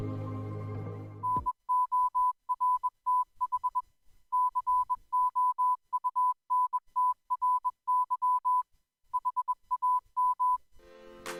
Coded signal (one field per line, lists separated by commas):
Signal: Morse code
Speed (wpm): 21 wpm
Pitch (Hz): 1000 Hz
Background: music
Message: NORTH COUNTRY HAM